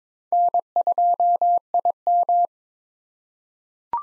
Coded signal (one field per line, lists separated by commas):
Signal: Morse code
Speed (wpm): 21 wpm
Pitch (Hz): 700 Hz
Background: none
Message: N2IM